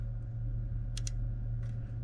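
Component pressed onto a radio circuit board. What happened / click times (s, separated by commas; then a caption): Small module clicks down onto circuit board / 1.0 s, 1.1 s. A module is pushed down on its two edges onto the circuit board of a 2014–2020 Lexus GX460 GPS Gracenote navigation radio until it seats. Two small, sharp clicks are heard at 0.98 s and 1.1 s over a steady low hum, confirming the module has clicked down into place.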